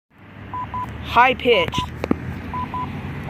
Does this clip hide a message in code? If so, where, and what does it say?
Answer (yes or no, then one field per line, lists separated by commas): no